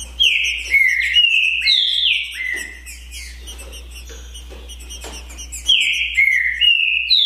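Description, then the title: Green-winged saltator opening and closing with loud phrases of stepped, slurred whistles, quieter chirping in the middle, and a low steady hum. Song contest between two birds, Naval vs Demolidor, 2022 season; birds calling, singing and showing male display ('macheando') in the dispute. "É UMA DISPUTA DE TRINCA FERRO PERFEITA!! NAVAL VS DEMOLIDOR 2022!"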